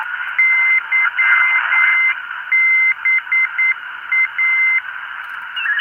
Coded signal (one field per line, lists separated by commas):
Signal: Morse code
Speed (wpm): 9 wpm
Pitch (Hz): 2050 Hz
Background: radio noise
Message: YBA